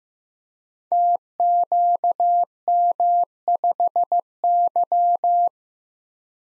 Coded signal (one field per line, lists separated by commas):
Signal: Morse code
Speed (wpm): 15 wpm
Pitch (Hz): 700 Hz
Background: none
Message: TQM5Y